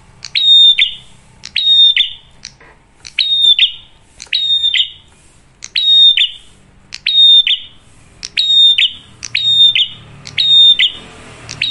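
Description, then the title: Prinia song: loud phrases, each a sharp click then a high level whistle dropping at the end, repeated roughly every second, with short pauses between. Lure recording of a lively, clear-voiced prinia, meant to make other birds start singing. "Pancingan Prenjak Gacor Suara Jernih, Bikin yang Lain ikut Bunyi"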